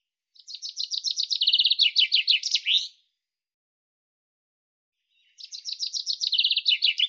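Common chaffinch singing two phrases; each opens with rapid repeated high notes and drops through a faster trill, the first ending in a flourish and the second cut off at the end, with a gap of over two seconds between.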